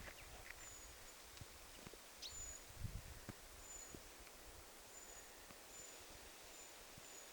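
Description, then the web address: Eurasian treecreeper calling with thin, very high short notes at a steady pace against a hiss of background noise and light rustling. Possibly a young bird calling within a small flock of small birds, recorded 20 July 2026. "paivat 20 7 2026 pikkulintuparvi ehka nuori puukiipija aantelee"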